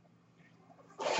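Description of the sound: Faint steady low hum, then a sudden loud rush of air: a person's own mechanical ventilator delivering a breath.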